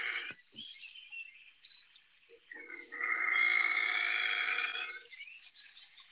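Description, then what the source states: Bobcat: a loud, harsh, wavering yowl with strong overtones, held for a few seconds after a few quieter sounds. Played-back compilation of all the different bobcat vocalizations, including screams very similar to a fox's and awful, frightening noises.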